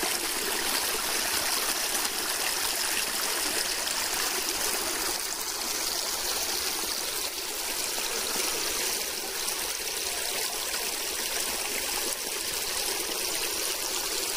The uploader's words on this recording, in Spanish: Manantial de La Peña y el Arroyo Casa. Paseo pasando por La Peña y por el Arroyo Casa semanas después de las intensas lluvias.